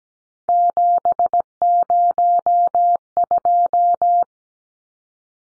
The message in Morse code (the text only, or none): 702